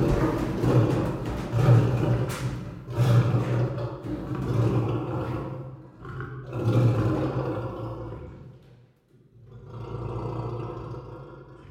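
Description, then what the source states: Lion roaring: low, rumbling roars in repeated surges. Several lions recorded in a zoo.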